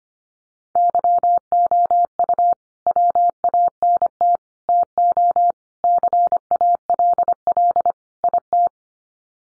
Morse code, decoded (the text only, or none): YOU WANT TO CALL IT